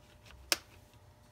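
A plastic card is worked under the plastic screen bezel of an HP ProBook 450 G4 laptop to pry its snap clips loose from the display lid. After faint ticks near 0.3 s, a single sharp, bright crack at 0.5 s marks a clip popping free. The bezel clip is released.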